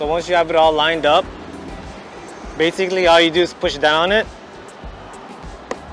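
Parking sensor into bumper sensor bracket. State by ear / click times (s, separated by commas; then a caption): seated / 5.7 s. Someone talks while pushing a plastic parking sensor down into its bracket on the rear bumper of a 2017-2020 BMW 5-Series (530e, M5, M550i). After a quieter stretch, a single short, sharp click at 5.7 s marks the sensor seating into the bracket.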